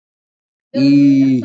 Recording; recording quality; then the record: sustained vowel as in beet; moderate, slight background noise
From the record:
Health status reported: COVID-19 positive, mild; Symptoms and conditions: none ticked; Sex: female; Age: 24 years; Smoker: not ticked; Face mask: not worn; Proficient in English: yes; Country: India